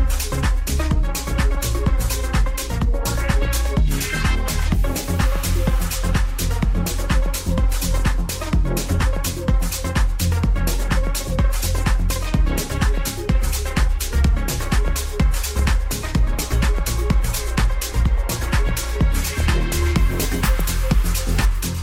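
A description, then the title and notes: Day of the Dead in Tucson, Arizona: a dense, steady wall of sound with heavy low thumping and quick, regular percussive hits throughout the 22 seconds. Sustained tones weave through the middle, and the loudness barely drops from start to finish. Day of the Dead, Tucson Arizona.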